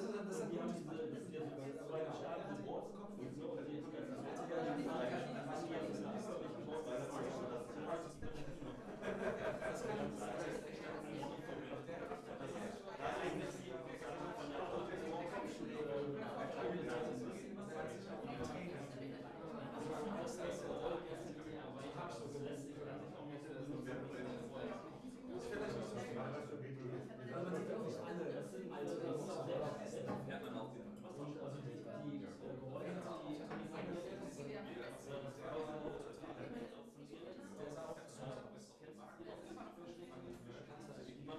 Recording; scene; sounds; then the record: everyday scene through a hearing-aid microphone; many people talking; many voices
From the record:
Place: bistro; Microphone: behind the ear, left, rear